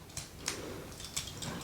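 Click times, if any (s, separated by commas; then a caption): 0.5 s. A plastic model kit gun is pushed onto the leg attachment block and snaps into place, seated with a sharp click at 0.5 s. Other brief clicks and handling sounds come at about 0.2 s and 1.2 s against faint background noise.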